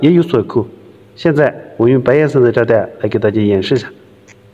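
A man talks while handling a white plastic cable tie, its tail by its ratchet lock head. Only speech is heard, with no distinct click, and the tie has not locked or clicked yet.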